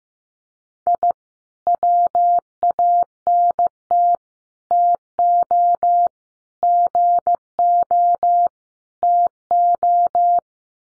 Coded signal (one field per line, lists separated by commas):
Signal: Morse code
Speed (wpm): 15 wpm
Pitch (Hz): 700 Hz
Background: none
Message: I WANT TO GO TO